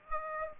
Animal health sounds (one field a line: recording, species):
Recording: mosquito wingbeat signal from an infrared sensor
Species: Aedes aegypti